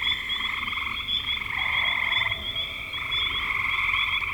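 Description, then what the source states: Frogs calling together in long overlapping pulsed trills, steady and buzzy, with a thin high ticking tone running above. Frogs calling in spring 2025.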